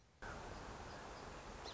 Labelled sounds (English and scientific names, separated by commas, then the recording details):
Song Sparrow (Melospiza melodia)
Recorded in Sonoma County, California